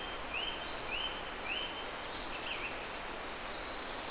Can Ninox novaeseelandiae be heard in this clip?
no